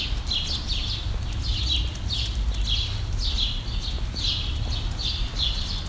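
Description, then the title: Birds chirp steadily, short bursts of high twittering notes repeating above a low rumble. "Birds Chirping Meditation"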